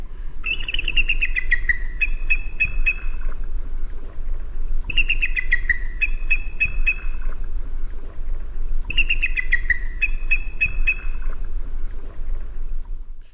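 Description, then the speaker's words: Bald eagle calling in a high, thin series of chirping whistles that step downward, the same phrase repeating about every four seconds over a low steady hum. Call likened to a baby chick or a seagull, contrasted with the red-tailed hawk screech that films use. "An actual eagle. Sounds like a baby chick."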